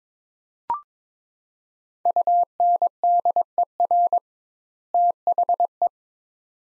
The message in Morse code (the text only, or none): UNDER THE